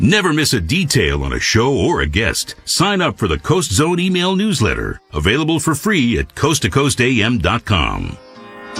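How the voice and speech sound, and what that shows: A man reads a brief radio promo for the Coast to Coast AM show's Coast Zone email newsletter, in clear, fluent, evenly paced speech; ordinary normal adult male voice.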